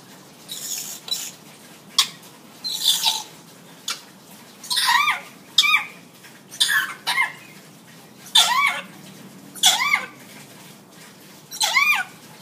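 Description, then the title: Hill myna giving a series of sharp calls, mixing clicks with short rising and falling squeaky notes, repeated roughly every second. Actively singing (gacor) hill myna, recorded as a tutor recording (masteran) for training other birds. "Suara Burung Beo Gacor Cocok Untuk Masteran"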